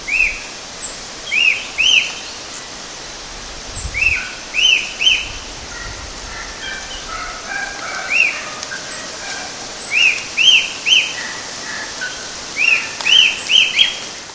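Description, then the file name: Rufous-tailed Attila giving arched whistled notes, mostly in quick pairs or triplets, repeated throughout, with thin high chips from another bird above. Recorded at Itiocachoeira, Mogi das Cruzes, São Paulo state, Brazil, on 7 February 2015. "Attila-phoenicurus -itiocachoeira-Mogidas Cruzes SP-BR-7-2-15-ASilveira"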